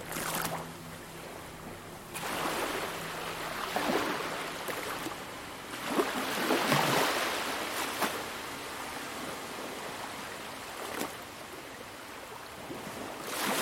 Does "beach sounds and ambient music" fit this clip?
yes